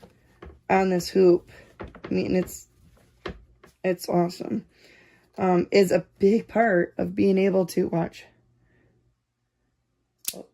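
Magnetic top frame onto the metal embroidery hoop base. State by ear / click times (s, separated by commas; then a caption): seated / 10.3 s. A magnetic top frame is closed onto a metal embroidery hoop base over a towel, for embroidery on a Janome MC500e machine. Someone talks for most of the clip, then the strong magnets pull the frames together with a sharp snap at 10.3 s, seating the hoop.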